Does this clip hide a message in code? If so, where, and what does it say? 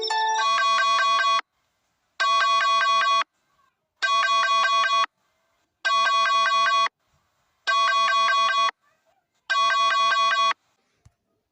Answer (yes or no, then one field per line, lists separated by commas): no